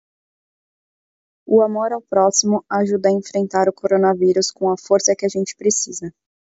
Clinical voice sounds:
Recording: spoken sentence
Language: Brazilian Portuguese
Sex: female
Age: 30 to 39 years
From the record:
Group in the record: control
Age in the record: 30 years

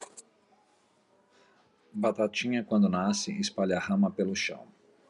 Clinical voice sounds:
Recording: short text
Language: Brazilian Portuguese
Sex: male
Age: 50 to 59 years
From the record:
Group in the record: control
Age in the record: 51 years

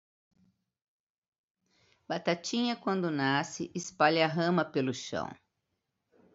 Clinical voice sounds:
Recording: short text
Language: Brazilian Portuguese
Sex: female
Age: 60 to 69 years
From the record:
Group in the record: control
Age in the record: 64 years

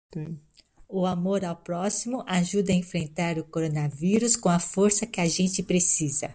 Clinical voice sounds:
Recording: spoken sentence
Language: Brazilian Portuguese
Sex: female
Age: 60 to 69 years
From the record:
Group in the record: control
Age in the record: 60 years

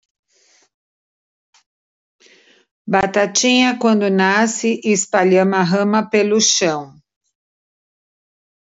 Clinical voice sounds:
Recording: short text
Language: Brazilian Portuguese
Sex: female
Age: 50 to 59 years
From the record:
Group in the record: control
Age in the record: 59 years

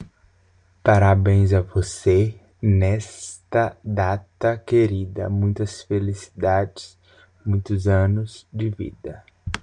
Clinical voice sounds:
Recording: short text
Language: Brazilian Portuguese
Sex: male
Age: 20 to 29 years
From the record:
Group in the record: control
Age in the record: 23 years

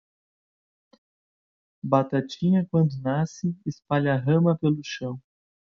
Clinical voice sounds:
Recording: short text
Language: Brazilian Portuguese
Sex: male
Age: 40 to 49 years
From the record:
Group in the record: control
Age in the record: 42 years

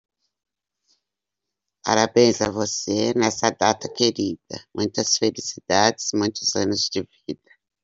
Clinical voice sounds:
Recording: short text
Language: Brazilian Portuguese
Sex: female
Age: 60 to 69 years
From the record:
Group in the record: control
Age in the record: 65 years

